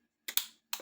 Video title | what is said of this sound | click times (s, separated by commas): Calibrage module d'encre xTool m1 ultra et 1er essai impression | de manière à avoir un petit clic. Voilà. | 0.7 s